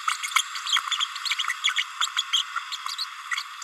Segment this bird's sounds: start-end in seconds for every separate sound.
0.07-0.16, 0.27-0.31, 0.66-0.79, 1.64-1.73, 1.76-1.84, 2.01-2.08, 2.16-2.22, 2.32-2.43, 2.71-2.77